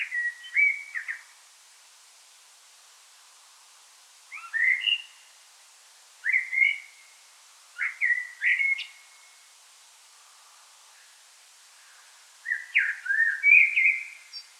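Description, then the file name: Common blackbird singing several short mellow phrases at irregular intervals, some with a brief high flourish, closing with a longer warble. "Turdus merula"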